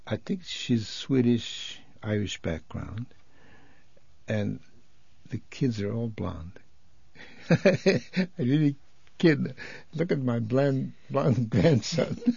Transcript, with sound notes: I think she's Swedish, Irish background. And the kids are all blonde. ( he laughs ) It's really, look at my blonde grandson.